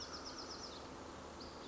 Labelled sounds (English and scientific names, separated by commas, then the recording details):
Bewick's Wren (Thryomanes bewickii)
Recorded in Sonoma County, California